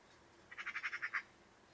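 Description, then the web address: Bird calling in a rapid string of several scratchy notes lasting under a second. "Deverinetal 2025 File origin Bird Only"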